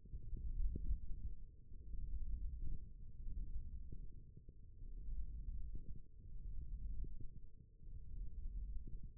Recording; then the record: forearm muscle sounds (acoustic myography)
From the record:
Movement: thumb flexion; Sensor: system 1, eight BSWA MPA416 microphones around the upper forearm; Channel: 4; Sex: male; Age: 18 years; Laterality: right